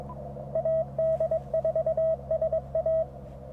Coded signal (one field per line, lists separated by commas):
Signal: Morse code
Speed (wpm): 22 wpm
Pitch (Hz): 640 Hz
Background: radio noise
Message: AD4SA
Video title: Cootie Key QRP CW! 2/3/24 @ Tuskegee National Forest K-4451